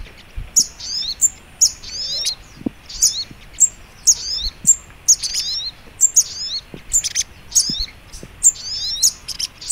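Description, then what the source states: Little Spiderhunter singing bright, piercing chirp phrases, each short and repeated steadily, with faint background hiss. Masteran training recording, labelled Labaik.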